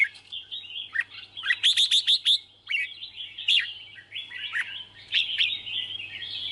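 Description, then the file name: Red-whiskered bulbul singing lively chirps, a fast burst of ringing notes near two seconds, then continuing bubbly phrases over a faint hum. Song described as 'hót chè'. "Tieng chao mao hot che"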